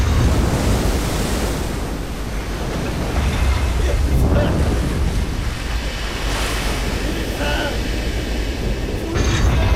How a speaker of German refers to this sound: Mit einem Mal erlosch das elektrische Leuchten und zwei gewaltige Wasserstrudel entluden sich über unser Deck.